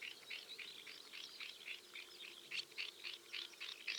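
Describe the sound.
Swinhoe's snipe calls: rapid, rasping buzzy notes repeated about four times a second in a somewhat uneven series.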